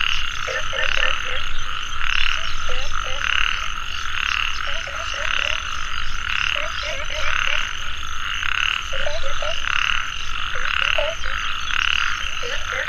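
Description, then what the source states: Frogs croaking in repeated short groups of rapid notes, over a steady high background chorus throughout. Frogs calling in a mountain valley at dusk; field recording.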